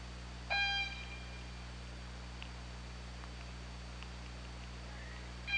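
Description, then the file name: Orca call, a clear harmonic tonal call lasting about a second near the start, faint clicks afterwards, and another call beginning at the very end over hum. Recorded by OrcaLab hydrophone on 24 August 2017 at 23:18:30. "Orca Lab UTLN JASON 20170824 231830"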